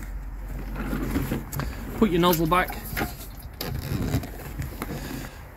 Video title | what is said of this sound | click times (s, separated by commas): Bailey Adamo 75-4T instructional video | before you put it back into the motor I'm just ensure your handle clicked back into position here like so | 1.5 s, 1.6 s